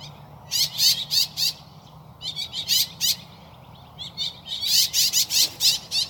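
Woodswallow chattering: rapid series of harsh, buzzy notes in several bursts separated by brief pauses.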